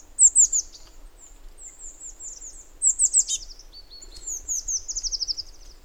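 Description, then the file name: Eurasian blue tit calling with very high, thin descending notes in fast trilled series, several phrases in quick succession. "Cyanistes caeruleus"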